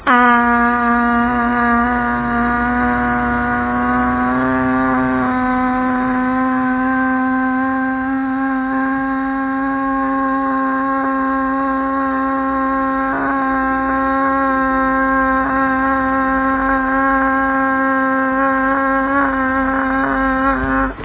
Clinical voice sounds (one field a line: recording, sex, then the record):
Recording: sustained vowel /a/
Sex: female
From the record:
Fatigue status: no fatigue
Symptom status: symptomatic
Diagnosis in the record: COVID-19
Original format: 3gp